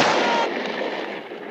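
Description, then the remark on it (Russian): A single loud revolver shot cracks out at the very start, then a broad, hissing rumble trails off and slowly fades over the next second or so. No voices are heard. “Лапшин стреляет.”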